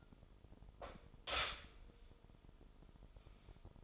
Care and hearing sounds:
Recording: daily activity, microphone in the room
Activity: stop toaster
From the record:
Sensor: 5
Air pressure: 988.7 hPa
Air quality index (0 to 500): 233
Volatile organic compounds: 182 ppm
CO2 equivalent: 4151 ppm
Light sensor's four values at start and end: 39/123/48/51 and 39/124/48/51

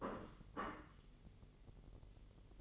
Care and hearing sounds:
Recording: daily activity, microphone in the room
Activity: place plate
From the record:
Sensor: 4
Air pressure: 1002.9 hPa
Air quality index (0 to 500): 248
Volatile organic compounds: 20 ppm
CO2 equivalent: 2686 ppm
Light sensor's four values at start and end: 5/12/4/5 and 5/12/4/5

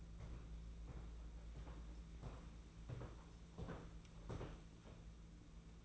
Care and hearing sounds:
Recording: daily activity, microphone in the room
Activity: walk to room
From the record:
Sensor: 1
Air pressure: 992.0 hPa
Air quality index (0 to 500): 216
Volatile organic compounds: 1000 ppm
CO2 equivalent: 8430 ppm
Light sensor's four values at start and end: 22/77/30/30 and 22/75/29/29

